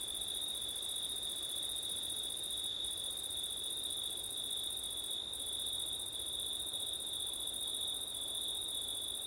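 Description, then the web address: Crickets trill constantly through the whole stretch, a higher shrill layer dropping out briefly twice. Crickets on a September night, recorded with wind; ORTF microphone setup. "audio crickets wind september night ortif"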